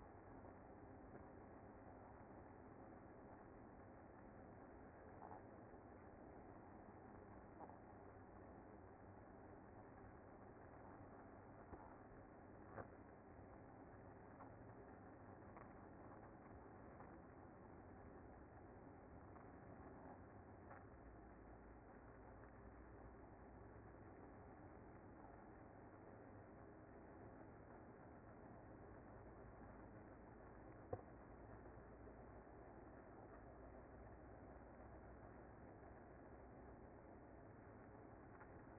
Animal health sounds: honeybee colony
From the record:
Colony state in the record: active

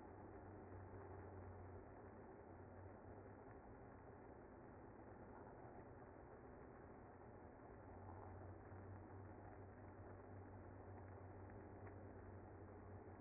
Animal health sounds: honeybee colony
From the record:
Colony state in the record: active

